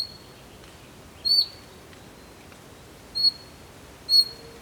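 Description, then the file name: Bird uttering three brief high thin notes, the first slightly falling, spaced one to two seconds apart against quiet hiss. "PAJAROS"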